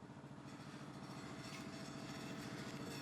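A rivet held in a manual rivet gun is moved around a car wash brush's pelt and mount, feeling for the hole it goes into. Only a steady, broadband vehicle-like rumble is heard, with no distinct hit. Nothing has popped into place yet.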